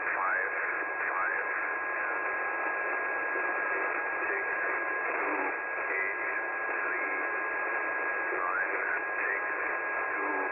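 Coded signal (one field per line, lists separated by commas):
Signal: numbers station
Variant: E06, English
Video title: Russian Spy Number Station E06, moderately clear S5 to 6 reception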